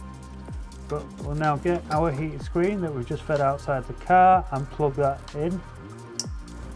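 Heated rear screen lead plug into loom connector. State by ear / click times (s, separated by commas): seated / 6.2 s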